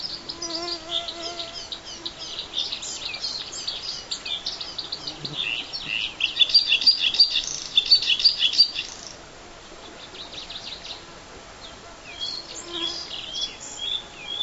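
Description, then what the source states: Bluethroat song, dense high twittering that swells into a loud, buzzy, rapidly repeated phrase, then drops to quieter scattered chirps before resuming. Black-faced bunting and dusky warbler songs in background.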